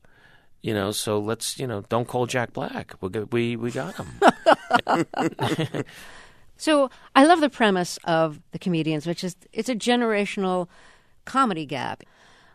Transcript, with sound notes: You know, so let's - you know, don't call Jack Black. We got him.
(LAUGHTER)
So I love the premise of "The Comedians," which is it's a generational comedy gap.